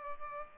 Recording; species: mosquito wingbeat signal from an infrared sensor; Culex pipiens